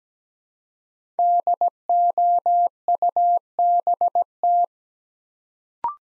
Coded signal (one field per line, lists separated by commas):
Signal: Morse code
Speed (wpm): 17 wpm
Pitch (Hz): 700 Hz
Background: none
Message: DOUBT